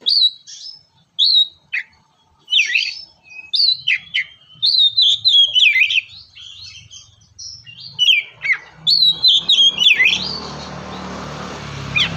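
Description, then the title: Oriental magpie-robin song: rich whistled and chirping phrases in quick succession, ending in a broad hiss of noise over the last two seconds. "kacer"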